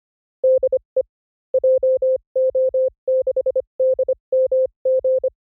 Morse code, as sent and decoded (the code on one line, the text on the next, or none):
-.. . / .--- --- -.... -.. -- --.
DE JO6DMG